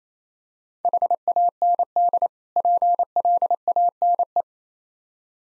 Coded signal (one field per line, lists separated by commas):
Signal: Morse code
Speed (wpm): 28 wpm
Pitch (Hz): 700 Hz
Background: none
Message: HAND PLANE